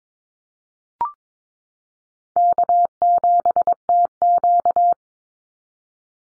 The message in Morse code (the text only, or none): K7TQ